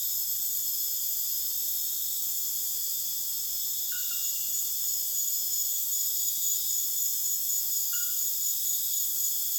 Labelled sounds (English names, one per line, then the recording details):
none
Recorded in dense forest near Puerto Asís, Putumayo, Colombia, on 24 June 2025 at 02:00
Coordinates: 0.484, -76.325
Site H65